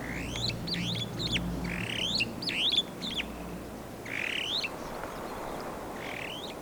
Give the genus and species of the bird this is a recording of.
Lamprotornis superbus